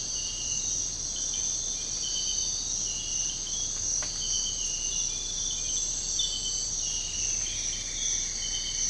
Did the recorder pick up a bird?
no